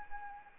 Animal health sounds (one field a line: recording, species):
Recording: mosquito wingbeat signal from an infrared sensor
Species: Anopheles arabiensis